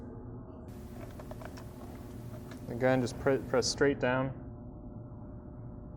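An angel eye halo ring with a plastic clip is handled on the headlight projector shroud of a Fiat 500 while it is pressed straight down into place. Someone talks, and a few faint, light taps and handling noises are heard. Nothing has seated or clicked yet.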